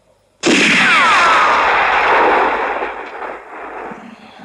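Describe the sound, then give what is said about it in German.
Pistol gunfire from the final shootout in a cemetery in the film Django, fired by rapidly hammering the pistol's hammer by hand, erupts suddenly and loudly, a dense roaring burst with a descending whistle through it, holding for a few seconds before slowly fading; no one speaks. “Django selbst sorgt für das finale Shootout.”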